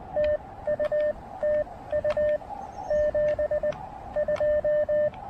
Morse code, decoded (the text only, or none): TU TU 72